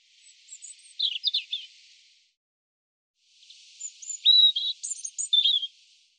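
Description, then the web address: European robin song: a brief high twitter, a pause, then a longer phrase of thin whistles and quick varied warbles. "cianscape birddata Deverinetal 2025 Bird Er Ru"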